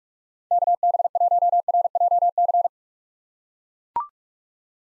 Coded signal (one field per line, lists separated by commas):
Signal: Morse code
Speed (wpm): 43 wpm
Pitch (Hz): 700 Hz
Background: none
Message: KB1RJC